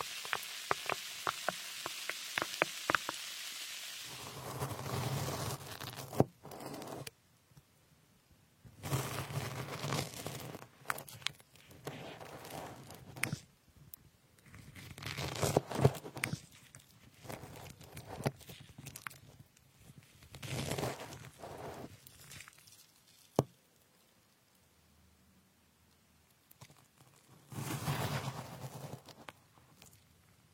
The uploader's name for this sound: cutting fruits like strawberries